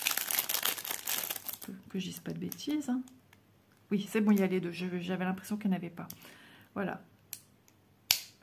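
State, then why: Seated. Someone talks while crinkling and handling packaging, then brings the magnetic back piece of a cross-stitch needle minder up to its decorated front piece. At 8.1 s the two pieces snap together with a sharp click, and the magnetic needle minder is seated.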